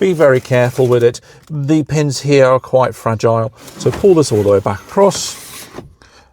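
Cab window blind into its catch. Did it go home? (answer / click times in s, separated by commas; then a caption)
yes / 6.0 s. A pleated cab window blind on a Malibu 600 Compact LE is pulled all the way across toward its retaining catch while someone talks, with a brief swish near 5.2 seconds. The blind clicks into its catch at 6.0 seconds, securing it in place.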